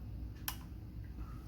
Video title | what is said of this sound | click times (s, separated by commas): Nikon F mount lens on Sony E mount camera | rotate it until until it snaps and now we have the | 0.5 s